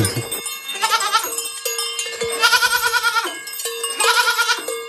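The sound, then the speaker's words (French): Several goats bleat in overlapping, wavering bursts as they crowd and jostle to eat cereal grain at a small farm in Auvergne, France, while a bell clinks steadily underneath, the cries rising and falling in three loud waves with no talking. “Elle se bouscule pour manger les céréales.”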